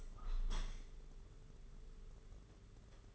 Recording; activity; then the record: daily activity, microphone in the room; open window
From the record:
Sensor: 4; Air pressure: 992.1 hPa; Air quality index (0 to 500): 98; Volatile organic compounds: 11 ppm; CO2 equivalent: 2311 ppm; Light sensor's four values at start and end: 22/77/28/30 and 22/77/28/30